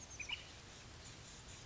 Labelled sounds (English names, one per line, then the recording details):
Oak Titmouse
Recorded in Sonoma County, California